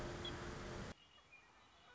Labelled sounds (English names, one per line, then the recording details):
Red-winged Blackbird
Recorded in Sonoma County, California